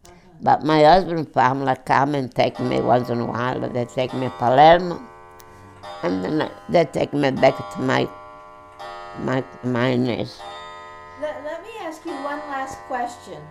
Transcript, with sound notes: But my husband's family come and take me once in a while, they take me Palermo, and they take me back to my, to my niece.
( a clock chimes ) Let me ask you one last question